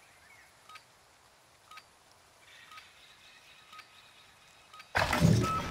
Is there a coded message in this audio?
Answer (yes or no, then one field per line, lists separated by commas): no